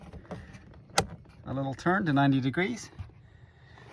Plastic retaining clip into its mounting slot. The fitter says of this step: same on this side a little click